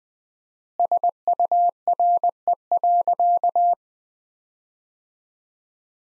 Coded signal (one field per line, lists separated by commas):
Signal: Morse code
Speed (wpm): 20 wpm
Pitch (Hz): 700 Hz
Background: none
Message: SURE.